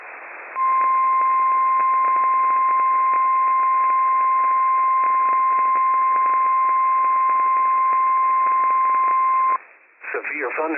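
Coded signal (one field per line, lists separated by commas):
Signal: Emergency Alert System (SAME) tones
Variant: 1050 Hz attention tone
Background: speech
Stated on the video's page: Real operational Severe Thunderstorm Warnings from the Pendleton NWS office, received on WWF56.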